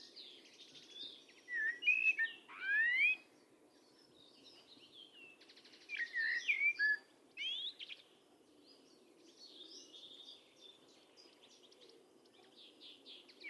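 Bird calls: loud sweeping whistles and rapid trills in separate bursts, with quieter chirping between them.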